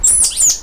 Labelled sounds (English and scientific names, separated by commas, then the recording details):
Stitchbird (Notiomystis cincta) song
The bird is a male
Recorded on Tiritiri Matangi Island, New Zealand, in 2005
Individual 1, of nest box 1